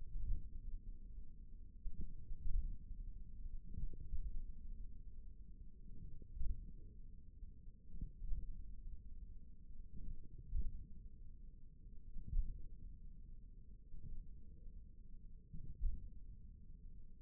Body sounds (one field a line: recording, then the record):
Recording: forearm muscle sounds (acoustic myography)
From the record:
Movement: tripod grip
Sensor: system 1, eight BSWA MPA416 microphones around the upper forearm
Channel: 1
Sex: male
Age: 41 years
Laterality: right